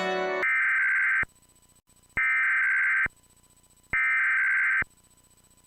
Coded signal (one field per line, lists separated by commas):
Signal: Emergency Alert System (SAME) tones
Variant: header bursts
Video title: EAS Pennsylvania Statewide Required Monthly Test - April 16th, 2026 - WAHC TV